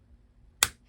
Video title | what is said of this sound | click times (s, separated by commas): iBook G3 Clamshell Keyboard Teardown | until it snaps | 0.6 s